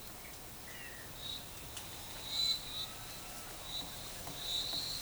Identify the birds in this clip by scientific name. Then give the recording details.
none. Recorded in forest near Pivijay, Magdalena, Colombia, on 17 April 2023 at 11:00. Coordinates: 10.467, -74.380. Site Z5-G034